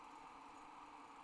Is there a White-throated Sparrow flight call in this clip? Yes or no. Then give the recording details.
no. No flight call is heard. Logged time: 04:21 on 30 November 2014